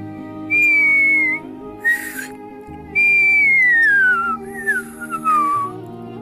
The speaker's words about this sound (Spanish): Silbó casi sin fuerza, su tonadita nostálgica que quería decir: soy feliz en el mar, quiero estar allá.